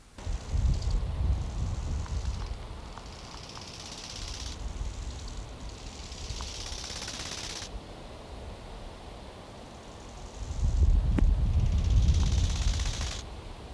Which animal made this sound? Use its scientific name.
Chorthippus biguttulus